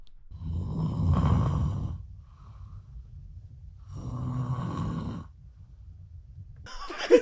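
Two loud, rough, low-pitched snores on breathing in, with quiet gaps between them: very loud snoring from an adult woman about five minutes after falling asleep, attributed to a deviated septum.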